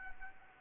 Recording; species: mosquito wingbeat signal from an infrared sensor; Anopheles arabiensis